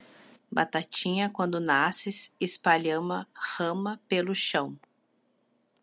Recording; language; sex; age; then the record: short text; Brazilian Portuguese; female; 40 to 49 years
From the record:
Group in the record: control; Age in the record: 42 years